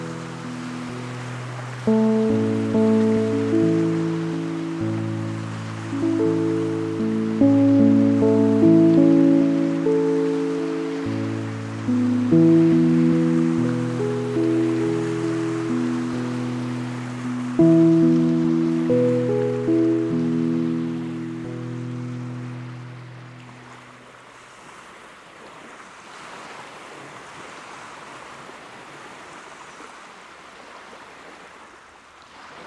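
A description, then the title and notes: Ship wake surf washes steadily on the beach, overlaid for about 24 seconds by loud low tones stepping between pitches, then fading to quieter surf. We are still on Sauvie Island, walking along the beach of a wooded peninsula called Willow Bar Beach. It’s a cool late October morning. The wave action is the wake of small, medium and large ocean-going ships.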